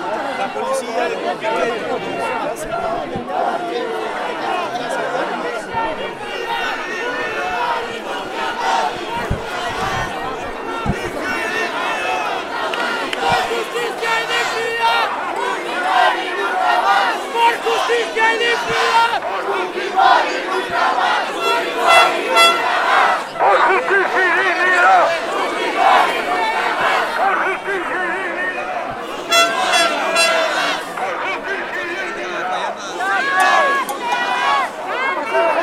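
A crowd gathers outdoors at a popular mobilization, with many voices talking and shouting at once in a dense, continuous din. Cheers and chanting rise and fall throughout, with louder bursts of shouting and a few sharp whistles around the twenty-two and thirty second marks.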